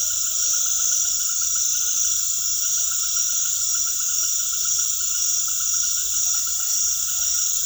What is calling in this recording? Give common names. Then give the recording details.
none. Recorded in secondary vegetation near Puerto Asís, Putumayo, Colombia, on 21 February 2024 at 20:00. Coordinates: 0.500, -76.326. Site G6428